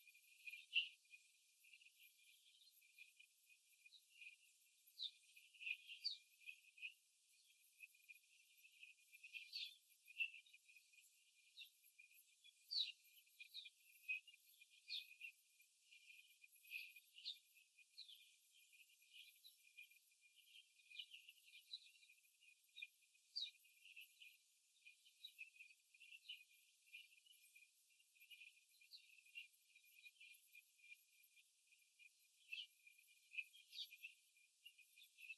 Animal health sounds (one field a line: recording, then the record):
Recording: young laying hens in a cage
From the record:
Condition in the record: after the stressor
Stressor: simulated dog barking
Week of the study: 3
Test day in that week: 2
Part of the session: 4